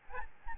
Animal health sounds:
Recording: mosquito wingbeat signal from an infrared sensor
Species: Aedes albopictus

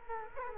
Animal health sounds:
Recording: mosquito wingbeat signal from an infrared sensor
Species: Culex quinquefasciatus

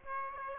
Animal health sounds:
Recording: mosquito wingbeat signal from an infrared sensor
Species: Aedes aegypti

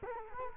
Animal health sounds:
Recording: mosquito wingbeat signal from an infrared sensor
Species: Culex quinquefasciatus

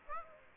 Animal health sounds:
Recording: mosquito wingbeat signal from an infrared sensor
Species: Aedes aegypti

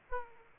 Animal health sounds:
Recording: mosquito wingbeat signal from an infrared sensor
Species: Aedes aegypti

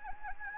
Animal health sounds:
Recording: mosquito wingbeat signal from an infrared sensor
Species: Anopheles gambiae

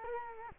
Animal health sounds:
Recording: mosquito wingbeat signal from an infrared sensor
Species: Culex quinquefasciatus

